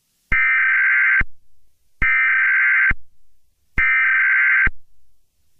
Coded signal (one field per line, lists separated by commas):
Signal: Emergency Alert System (SAME) tones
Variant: header bursts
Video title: [EAS] Korty & Dead Friends #01000100 01101001 01100101